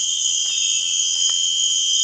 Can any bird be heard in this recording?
no